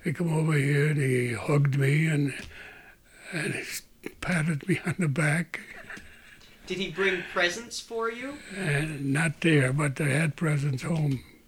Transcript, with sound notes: He come over here and he hugged me and patted me on the back. ( he laughs )
Did he bring presents for you?
Not there, but he had presents home.